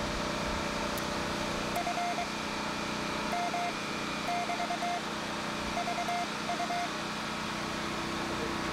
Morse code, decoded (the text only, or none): FM <BT> VU